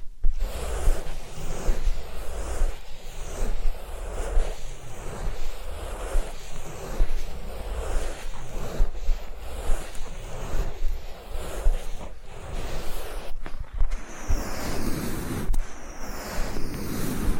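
Ear cleaning and massage sounds: dense, scratchy rubbing and rustling that rises and falls in steady strokes roughly every second. A low rumble runs underneath, with brief sharp breaks near 12 and 14 seconds and brighter, airier scraping toward the end.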